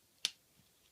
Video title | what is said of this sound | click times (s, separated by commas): Transformers Generations Combiner Wars Voyager Hot Spot Review | that's all snapped into place so | 0.2 s